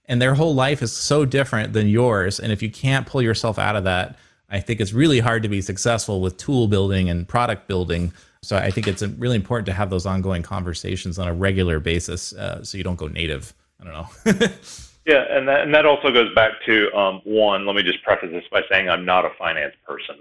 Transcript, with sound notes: And their whole life is so different than yours, and if you can’t pull yourself out of that, I think it’s really hard to be successful with tool-building and product-building, so I think it’s really important to have those ongoing conversations on a regular basis, so you don’t go native. I don’t know [laughs]
Yeah. And that also goes back to, one—let me just preface this by saying I’m not a finance person.